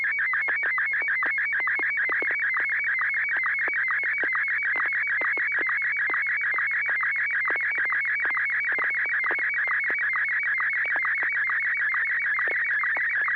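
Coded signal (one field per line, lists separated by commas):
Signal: SSTV (slow-scan television)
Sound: continuous warbling, chirping tone with rapid regular clicks, sweeping like a scanning image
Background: low mains hum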